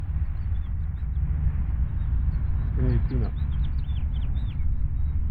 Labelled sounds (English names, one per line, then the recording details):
House Finch song
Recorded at Wantagh on Long Island, New York, on 21 May 1975
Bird D